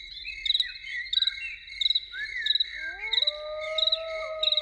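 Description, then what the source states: Loon wail, a long smooth note rising then held steady to the end, over a dense, steady chorus of chirping crickets. Evening soundscape with loons.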